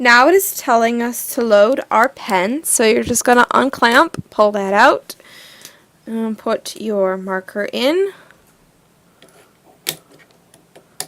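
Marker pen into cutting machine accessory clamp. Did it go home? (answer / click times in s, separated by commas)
yes / 11.0 s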